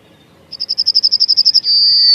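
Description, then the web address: Yellowhammer song: a quick run of many identical high, clipped notes, followed by a long, drawn-out terminal note. "Kurs PTTK Kurs materiały Przyroda Ptaki Trznadal"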